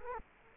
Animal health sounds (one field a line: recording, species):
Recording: mosquito wingbeat signal from an infrared sensor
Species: Culex quinquefasciatus